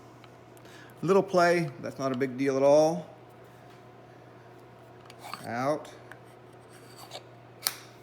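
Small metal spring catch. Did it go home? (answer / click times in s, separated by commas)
yes / 7.7 s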